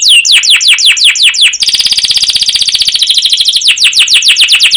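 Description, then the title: Canary song of rapid descending chirps repeated several times a second, breaking into a dense rolling trill, then back to quick falling notes. Long, continuous rolling canary song with cuit cuit notes, used as a lure to prompt other canaries to sing. "CUIT CUIT NGEROL LANGSUNG GACOR PANJANG Kenari Ini AMPUH Utk Pancingan KENAR. Masteran Suara Burung Kenari Gacor Panjang cuit cuit Ngerol untuk Pancingan Kenari!"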